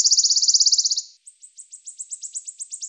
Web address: Phylloscopus sibilatrix